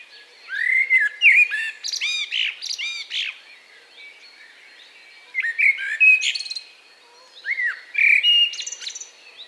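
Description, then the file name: Common blackbird song: mellow fluting phrases, each ending in squeaky high twitters, three phrases separated by short pauses. "Turdus merula"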